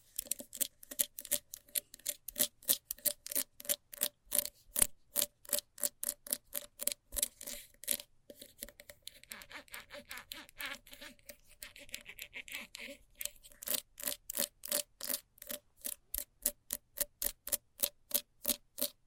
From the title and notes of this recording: ASMR Fast Scratching for Extreme Tingles（No Talking）.